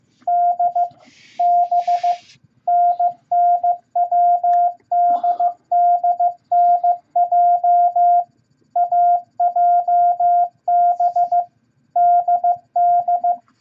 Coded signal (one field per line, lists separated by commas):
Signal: Morse code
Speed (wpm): 15 wpm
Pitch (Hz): 700 Hz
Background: none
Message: D B NNWDDNJ AJB DD